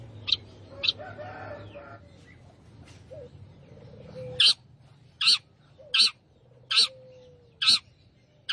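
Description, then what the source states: Long-tailed shrike giving a few harsh notes, then a steady series of loud, rasping calls about a second apart. Singing lively in the gacor style.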